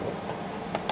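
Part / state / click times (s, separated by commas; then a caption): prism viewfinder onto medium-format camera body / not seated / none. A prism viewfinder is slid back onto the focusing screen rails of a Hasselblad 501CM medium-format camera body, heard as a steady low rustle with two short, sharp ticks near 0.8 s and 0.9 s. The prism has not yet clicked into place or seated.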